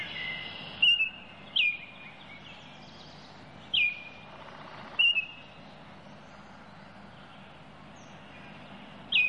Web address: baltimore oriole call